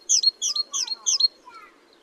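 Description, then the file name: Great tit calls: four sharp, high two-part notes in quick succession, followed by fainter, lower notes. "Parus major"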